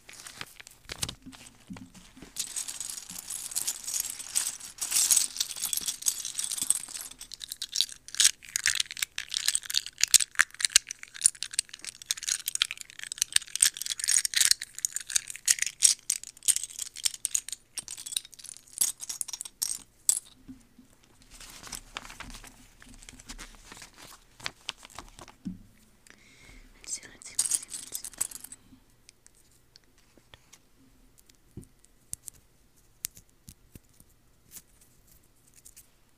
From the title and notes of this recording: Lego building ASMR! - clicking , clacking. Tapping, plastic sounds. No to zero mouth sounds.